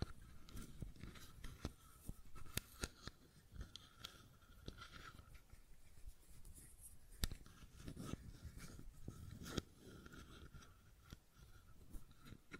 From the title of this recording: Fidget Cube Tapping and Clicking Sounds